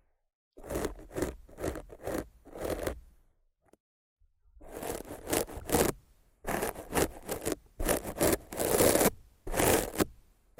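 Rough scratching and brushing on a microphone comes in quick bursts of short, gritty strokes, loud and rasping across low and bright tones. A near-silent pause falls around the fourth second, then denser, longer runs of scraping resume and continue to the end.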